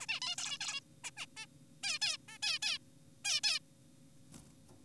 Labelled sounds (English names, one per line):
Zebra Finch